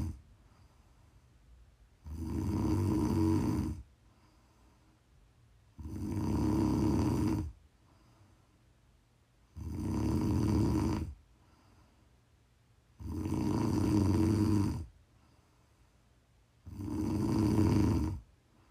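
Five loud, low rattling snores from an adult woman asleep, about every 3.7 seconds, roughly 16 breaths a minute, with quiet pauses between them.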